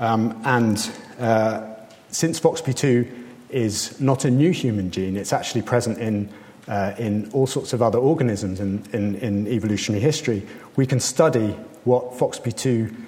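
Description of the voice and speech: A man lectures fluently in a clear, steady voice at an ordinary pace with brief pauses; typical adult speech.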